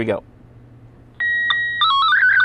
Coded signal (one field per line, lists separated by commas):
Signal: SSTV (slow-scan television)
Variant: Scottie 1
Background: speech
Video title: Why Do We Use Ham Radio Digital Modes?